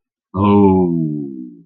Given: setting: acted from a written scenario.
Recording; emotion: vocal sound without words; disappointment